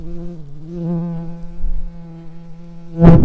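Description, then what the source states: Common carder bee buzzing with a steady low hum that wavers slightly, ending in a loud burst of noise. Workers.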